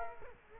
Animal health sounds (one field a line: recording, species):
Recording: mosquito wingbeat signal from an infrared sensor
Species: Culex quinquefasciatus